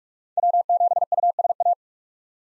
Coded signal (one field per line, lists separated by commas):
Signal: Morse code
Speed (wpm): 45 wpm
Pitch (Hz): 700 Hz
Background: none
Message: W7USA